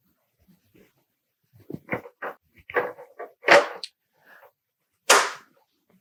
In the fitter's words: and you'll hear it snap.